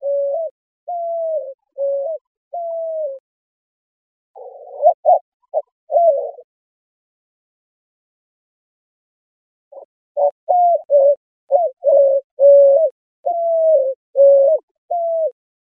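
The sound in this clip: White-winged dove giving low, hooting coos in bouts with a long quiet gap before the last one. Short notes mix with longer, slightly falling ones.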